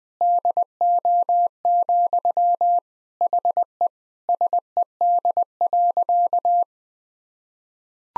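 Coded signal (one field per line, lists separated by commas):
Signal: Morse code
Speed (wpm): 20 wpm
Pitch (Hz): 700 Hz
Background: none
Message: DO, HE SED.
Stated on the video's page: Morse drill at 20 wpm of sentences from the top 100 words and abbreviations, each sentence sent, spoken, then sent again.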